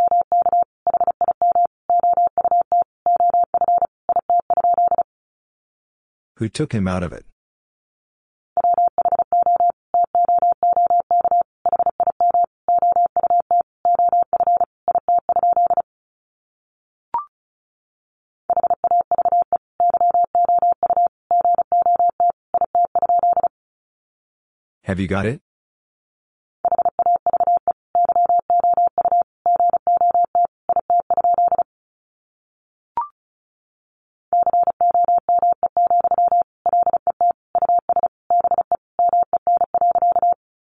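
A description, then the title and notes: Morse code beeps at a single steady mid-pitched tone, keyed rapidly in dense bursts of dots and dashes lasting several seconds each, separated by short silences. Around 7 and 25 seconds, brief harsh noisy bursts interrupt, and a couple of faint clicks fall in the gaps. Sentences from Top 300 Words 35wpm. First, the words are sent in Morse code. Then it is spoken.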